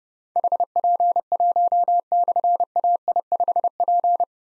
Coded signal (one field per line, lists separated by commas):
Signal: Morse code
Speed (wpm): 28 wpm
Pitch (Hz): 700 Hz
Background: none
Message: HP1/AI5P